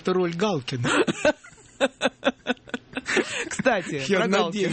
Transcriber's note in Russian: смеются